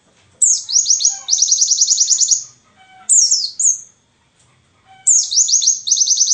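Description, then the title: White-eye song: three bursts of rapid, high slurred notes, each opening with a sharp slurred note, with silent gaps between. Wild ('ngalas') white-eye song used as filler material for training songbirds (masteran). "mster Mnuk. Pleci ngalas isian untuk masteran"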